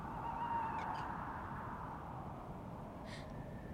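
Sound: owl hooting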